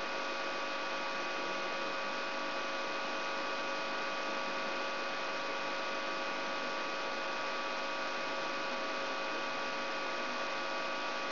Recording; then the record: brain microelectrode recording played as sound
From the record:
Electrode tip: outside the subthalamic nucleus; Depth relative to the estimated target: -6 mm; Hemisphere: right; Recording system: AlphaMap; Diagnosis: Parkinson's disease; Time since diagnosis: 23 years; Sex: male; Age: 65 years